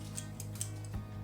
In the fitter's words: you're going to push out about 1/16 of an inch, and you're going to turn clockwise until you hear it snap.